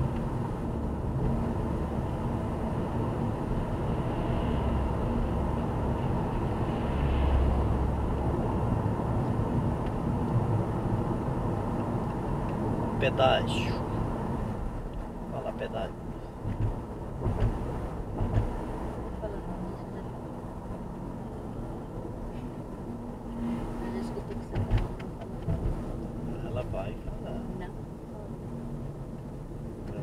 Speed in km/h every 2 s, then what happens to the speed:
57, 59, 62, 66, 68, 67, 66, 64, 66, 67, 65, 61, 58, 55, 55.
0-7 speeds up to 68. 7-18 steady at about 66. 18-26 slows to 55.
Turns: none.